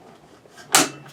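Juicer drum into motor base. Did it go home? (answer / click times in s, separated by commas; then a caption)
yes / 0.8 s. The plastic main drum of a horizontal masticating juicer is slid onto the motor base and rotated until it locks. After a quiet, faint low-level stretch, a single sharp, bright click sounds at 0.8 s and fades over about a third of a second. The drum is seated and locked in place.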